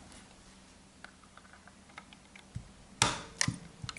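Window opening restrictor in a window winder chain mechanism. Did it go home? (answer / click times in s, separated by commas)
yes / 3.0 s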